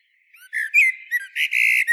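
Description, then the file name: Common blackbird: a fast string of squeaky chirps and a drawn-out harsh, scratchy note, high-pitched throughout. "Turdus merula"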